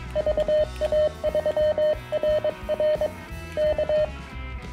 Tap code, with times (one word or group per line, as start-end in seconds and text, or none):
none